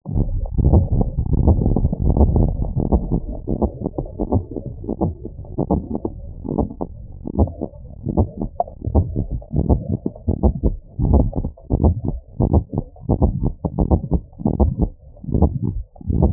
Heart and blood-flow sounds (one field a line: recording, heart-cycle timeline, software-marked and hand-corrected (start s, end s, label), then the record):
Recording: heart sounds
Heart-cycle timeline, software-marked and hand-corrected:
0.00	0.02	S1
0.02	0.14	systole
0.14	0.26	S2
0.26	0.66	diastole
0.66	0.84	S1
0.84	0.94	systole
0.94	1.08	S2
1.08	1.46	diastole
1.46	1.60	S1
1.60	1.68	systole
1.68	1.80	S2
1.80	2.18	diastole
2.18	2.34	S1
2.34	2.38	systole
2.38	2.52	S2
2.52	2.92	diastole
2.92	3.04	S1
3.04	3.10	systole
3.10	3.20	S2
3.20	3.62	diastole
3.62	3.72	S1
3.72	3.80	systole
3.80	3.90	S2
3.90	4.32	diastole
4.32	4.44	S1
4.44	4.52	systole
4.52	4.60	S2
4.60	5.02	diastole
5.02	5.14	S1
5.14	5.22	systole
5.22	5.30	S2
5.30	5.72	diastole
5.72	5.84	S1
5.84	5.96	systole
5.96	6.06	S2
6.06	6.56	diastole
6.56	6.68	S1
6.68	6.78	systole
6.78	6.88	S2
6.88	7.38	diastole
7.38	7.50	S1
7.50	7.60	systole
7.60	7.70	S2
7.70	8.16	diastole
8.16	8.28	S1
8.28	8.38	systole
8.38	8.48	S2
8.48	8.94	diastole
8.94	9.08	S1
9.08	9.16	systole
9.16	9.26	S2
9.26	9.68	diastole
9.68	9.80	S1
9.80	9.88	systole
9.88	9.98	S2
9.98	10.44	diastole
10.44	10.56	S1
10.56	10.64	systole
10.64	10.74	S2
10.74	11.08	diastole
11.08	11.26	S1
11.26	11.34	systole
11.34	11.42	S2
11.42	11.82	diastole
11.82	11.98	S1
11.98	12.06	systole
12.06	12.16	S2
12.16	12.52	diastole
12.52	12.64	S1
12.64	12.74	systole
12.74	12.82	S2
12.82	13.22	diastole
13.22	13.36	S1
13.36	13.44	systole
13.44	13.52	S2
13.52	13.90	diastole
13.90	14.02	S1
14.02	14.10	systole
14.10	14.20	S2
14.20	14.60	diastole
14.60	14.72	S1
14.72	14.80	systole
14.80	14.90	S2
14.90	15.40	diastole
15.40	15.54	S1
15.54	15.64	systole
15.64	15.74	S2
15.74	16.18	diastole
16.18	16.33	S1
From the record:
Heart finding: normal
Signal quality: good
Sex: female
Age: 77 years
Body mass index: 20.2